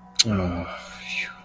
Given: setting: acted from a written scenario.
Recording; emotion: vocal sound without words; shame